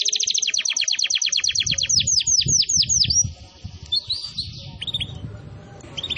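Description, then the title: Canary song: rapid trills of sharp repeated notes, then a run of downward-sweeping whistles, followed by quieter scattered chirps and a low rumbling background. Long, vigorous canary song used as a lure and as master song for training wild canaries. "Pikat Kenari GACOR PANJANG INI Cocok Untuk Masteran KENARI LIAR"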